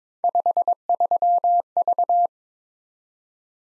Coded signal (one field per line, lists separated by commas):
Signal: Morse code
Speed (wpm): 22 wpm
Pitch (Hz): 700 Hz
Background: none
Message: 53V